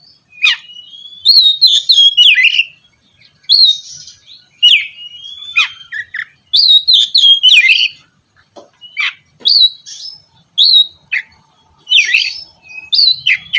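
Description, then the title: Oriental magpie-robin singing a long, rich medley of whistled notes, rising and falling slurs and sharp chips, delivered in phrases broken by short pauses. "kacer"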